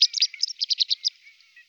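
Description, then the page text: White wagtail: about ten quick, high chirps in a bouncy series, then fading into faint thin notes. "Белая трясогузка"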